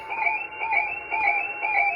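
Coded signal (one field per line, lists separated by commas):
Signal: SSTV (slow-scan television)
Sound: continuous warbling high tones with a steady rhythmic pulse about twice a second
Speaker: It should be painting across the screen right now.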